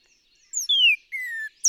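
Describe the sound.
Northern cardinal song: a high note running into a bright downslurred whistle, then a lower, nearly level whistle dropping only slightly, with another note beginning at the end.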